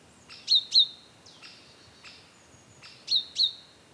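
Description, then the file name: Great tit with two pairs of sharp high notes, each pair trailing into a thin tone, and softer notes between. "Parus major"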